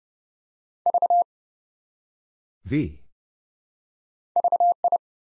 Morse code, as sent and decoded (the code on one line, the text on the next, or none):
...- / ...- ..
V VI